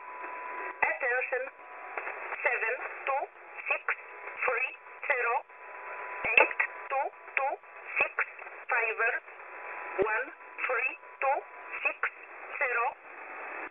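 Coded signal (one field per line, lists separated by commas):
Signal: numbers station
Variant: E11, English-language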